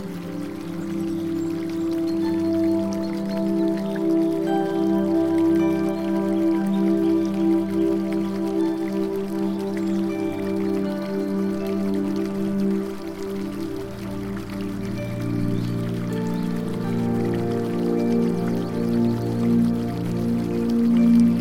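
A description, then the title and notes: Soft, sustained music with long held low and middle notes plays steadily, shifting to a new chord around the thirteenth second. Beneath it runs a continuous trickle of falling water, a fine patter that stays even throughout. Relaxing Music & Nature Sounds In A Botanical Garden.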